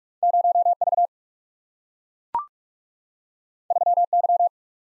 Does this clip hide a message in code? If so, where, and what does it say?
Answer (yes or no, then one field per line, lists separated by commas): yes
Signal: Morse code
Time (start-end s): 0.2-4.5 s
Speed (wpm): 42 wpm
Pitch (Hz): 700 Hz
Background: none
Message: 0V 3Y